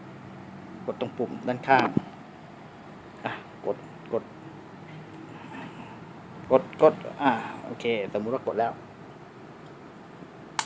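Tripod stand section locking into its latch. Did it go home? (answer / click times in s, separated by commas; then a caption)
yes / 10.6 s. A section of a three-legged phone tripod stand is moved back into position after its side release button is pressed, while someone talks. It locks into its latch with a sharp click at 10.6 s, and the stand is seated.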